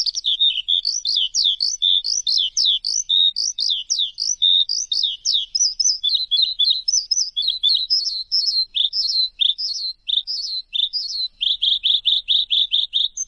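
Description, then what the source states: Bird song: a fast, continuous run of high, sharply slurred chirps and twitters, varied phrases running together, ending in a rapid burst of repeated notes. Chirping bird song for training pet birds.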